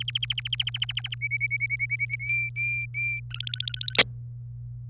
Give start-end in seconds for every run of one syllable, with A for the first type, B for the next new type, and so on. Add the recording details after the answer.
0.00-1.14 A, 1.21-2.16 B, 2.20-3.20 C, 3.30-3.98 D. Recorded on 26 April 2018 at 18:19. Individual llb3